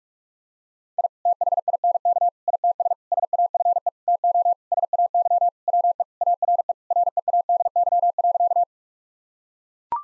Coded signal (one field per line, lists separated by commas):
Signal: Morse code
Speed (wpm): 41 wpm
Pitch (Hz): 700 Hz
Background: none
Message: I THINK ITS SAFE TO SAY WE ARE READY.